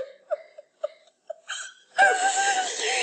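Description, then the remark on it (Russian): A girl sobs in a few short, catching gasps, then breaks into a loud, high-pitched wailing cry that carries on to the end. “Не плачь”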